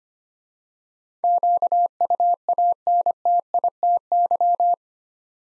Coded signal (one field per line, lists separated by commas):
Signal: Morse code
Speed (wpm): 25 wpm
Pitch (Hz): 700 Hz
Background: none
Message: QUANTITY